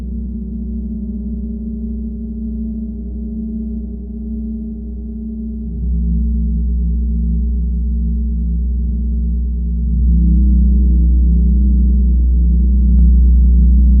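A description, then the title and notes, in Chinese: A gong bath fills the space with a deep, steady hum from the gong, all low tones and no bright edge. The swell thickens and grows louder around six seconds and again near ten, with a faint tap close to thirteen seconds. 銅鑼浴。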